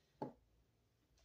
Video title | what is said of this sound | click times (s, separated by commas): Miniforce Super Dimension Power Genesis King and other combinations | very satisfying it clicks into place and then you got this enormous sword for him to wield | 0.2 s